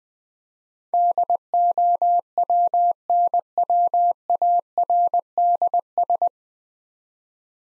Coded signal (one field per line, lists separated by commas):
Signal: Morse code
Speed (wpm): 20 wpm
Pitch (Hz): 700 Hz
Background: none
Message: DOWNWARDS